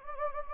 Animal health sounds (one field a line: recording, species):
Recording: mosquito wingbeat signal from an infrared sensor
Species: Anopheles gambiae